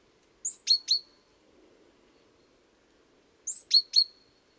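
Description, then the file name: Great tit calling: a high thin note followed by two sharp downward ticks, the short phrase given twice about three seconds apart, with a faint low hum beneath. "Parus major"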